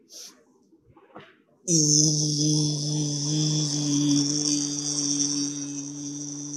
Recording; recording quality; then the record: sustained vowel as in beet; excellent, no background noise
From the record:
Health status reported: healthy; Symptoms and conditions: none ticked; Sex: male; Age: 22 years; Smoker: not ticked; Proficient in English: yes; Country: India